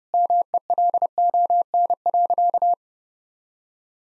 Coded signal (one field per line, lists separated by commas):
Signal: Morse code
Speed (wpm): 30 wpm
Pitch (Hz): 700 Hz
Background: none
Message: MELON.